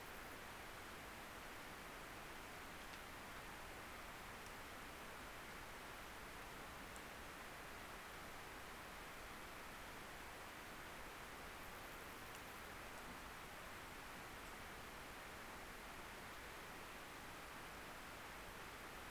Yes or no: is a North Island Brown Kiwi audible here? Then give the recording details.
no. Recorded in New Zealand on 11 December 2011. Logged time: 00:43. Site DD66